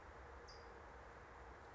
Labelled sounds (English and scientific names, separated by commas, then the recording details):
California Towhee (Melozone crissalis)
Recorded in Sonoma County, California